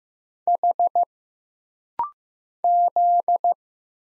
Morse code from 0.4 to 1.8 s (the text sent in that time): H